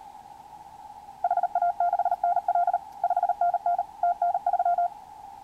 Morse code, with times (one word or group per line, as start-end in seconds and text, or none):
1.2-2.8 HA6NL
3.0-3.8 5NN
4.0-4.9 TN3